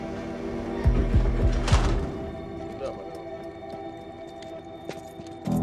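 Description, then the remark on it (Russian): A heavy entrance door in a concrete wall of a prison complex opens with a few deep, booming thuds and a sharp metallic clank, then settles into a low steady hum with faint scattered clicks and another soft thump at the end. “Открывается входная дверь в бетонной стене.”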